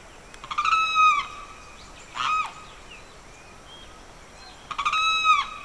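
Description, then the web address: Birds calling: loud, harsh, harmonic-rich cries that slur downward, given twice about four seconds apart, with a shorter squawk between and faint twittering in the background. Evening birdsong recorded in the Pantanal swamp, rural South America. "The BBC Sound Effects Library - Complete 60 CDs Collection Sound Effects Library- (Rural South America) Evening Birdsong, Pantanal Swamp"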